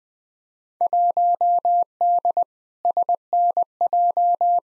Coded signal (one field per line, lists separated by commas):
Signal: Morse code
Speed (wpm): 20 wpm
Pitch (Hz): 700 Hz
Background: none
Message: 1D SNJ